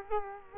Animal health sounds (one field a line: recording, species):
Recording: mosquito wingbeat signal from an infrared sensor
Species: Culex quinquefasciatus